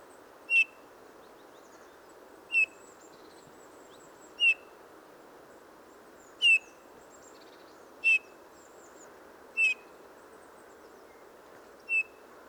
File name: Pyrrhula pyrrhula